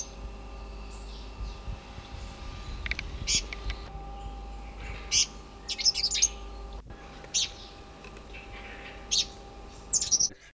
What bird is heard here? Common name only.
Northern Double-collared Sunbird